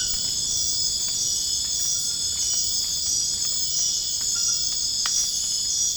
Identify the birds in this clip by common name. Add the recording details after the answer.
none. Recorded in dense forest near Puerto Asís, Putumayo, Colombia, on 27 June 2025 at 23:00. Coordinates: 0.481, -76.323. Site G072